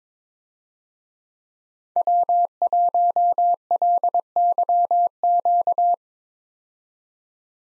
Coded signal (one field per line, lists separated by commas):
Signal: Morse code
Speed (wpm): 22 wpm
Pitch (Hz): 700 Hz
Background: none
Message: W1LYQ